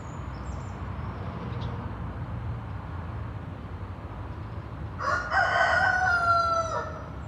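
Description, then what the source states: Chicken crow from a rooster, rough and drawn out for almost two seconds near the end, with steady road traffic noise beneath. Recorded with road traffic in the background.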